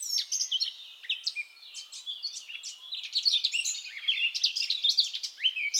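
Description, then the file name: Eurasian blackcap warbling song, rapid jumbled twittering notes mixed with brief clear whistles, delivered in an unbroken stream. "Sylvia atricapilla"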